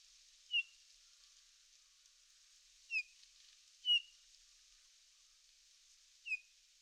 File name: Pyrrhula pyrrhula